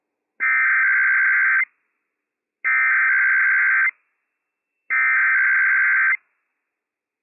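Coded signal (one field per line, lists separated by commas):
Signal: Emergency Alert System (SAME) tones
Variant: header bursts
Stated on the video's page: IPAWS required weekly test from the civil authorities for California, Nevada, Oregon and Washington, received on weather radio station WWF56.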